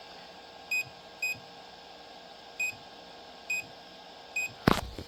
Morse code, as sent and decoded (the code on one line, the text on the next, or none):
none